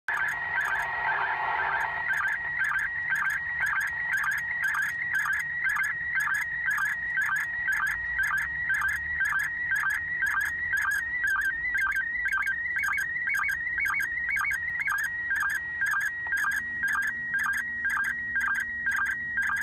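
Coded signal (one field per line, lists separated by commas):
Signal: SSTV (slow-scan television)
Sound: warbling tone around 2 kHz with rhythmic ticking sync pulses about twice per second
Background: brief radio hiss at start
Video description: The video starts with a few seconds of them receiving one of the images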